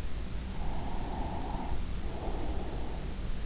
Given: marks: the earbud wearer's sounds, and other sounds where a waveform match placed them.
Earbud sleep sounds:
sounds in sleep by an in-ear microphone; breath
0.59-3.18 s: breath

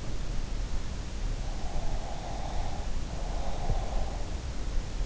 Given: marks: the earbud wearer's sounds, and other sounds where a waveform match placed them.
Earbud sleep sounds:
sounds in sleep by an in-ear microphone; breath
1.84-4.26 s: breath

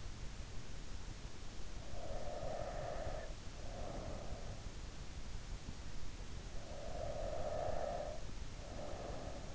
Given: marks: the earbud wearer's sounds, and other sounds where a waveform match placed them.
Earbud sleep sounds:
sounds in sleep by an in-ear microphone; breath
1.89-4.29 s: breath
6.69-9.55 s: breath

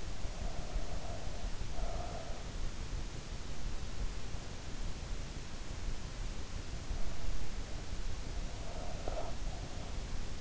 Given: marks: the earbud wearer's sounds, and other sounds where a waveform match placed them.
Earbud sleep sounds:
sounds in sleep by an in-ear microphone; breath
0.00-2.68 s: breath
8.26-10.41 s: breath

